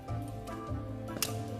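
Another hinged frame joint of a folding side screen is pushed into place over steady background music, with a faint tick just before a sharp click at 1.2 s. The joint locks and is seated.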